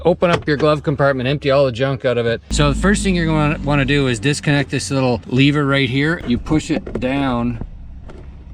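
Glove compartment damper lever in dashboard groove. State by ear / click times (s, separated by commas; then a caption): released / 8.1 s. Someone talks while emptying the glove compartment of a 2015–2025 Ford F-150 during a cabin air filter replacement, then pushes down the small plastic glove compartment damper lever in its dashboard groove. At 8.1 s a short, quiet click is heard as the lever pops out of its groove so it can swing aside, releasing it.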